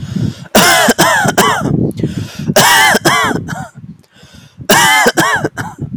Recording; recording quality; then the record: heavy voluntary cough; moderate, slight background noise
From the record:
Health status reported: healthy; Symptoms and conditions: none ticked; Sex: male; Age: 21 years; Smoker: not ticked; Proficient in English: yes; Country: India